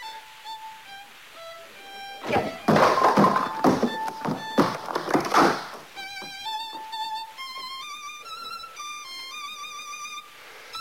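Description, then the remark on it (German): A door is forced open with a rapid series of heavy thuds and crashing bangs over about three seconds, while a high, wavering melodic tune plays throughout and carries on after the blows stop. “Wenn Sie die Tür nicht aufmachen, dann breche ich sie auf.”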